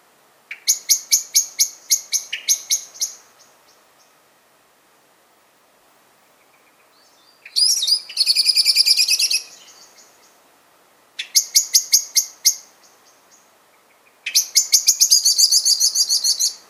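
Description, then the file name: Common blackbird giving bursts of sharp, clipped chinking notes in rapid runs, some merging into a harsh chattering rattle, with pauses between bursts. "Turdus merula"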